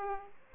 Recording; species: mosquito wingbeat signal from an infrared sensor; Aedes aegypti